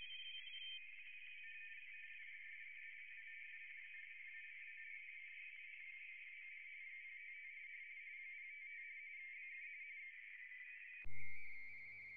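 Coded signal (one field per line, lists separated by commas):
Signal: RTTY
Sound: continuous warbling two-tone chatter near 2 kHz in hiss, ending with a thump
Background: radio static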